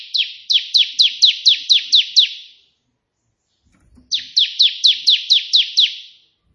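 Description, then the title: Prinia song: two clear runs of about nine loud buzzy downslurred notes, separated by a silent pause of over a second. White prenjak song in three 'tembakan' variations, suitable for tutoring pet prenjak. "3 VARIASI TEMBAKAN prenjak putih ini COCOK untuk masteran prenjak anda"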